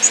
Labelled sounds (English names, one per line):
Orange-crowned Warbler flight call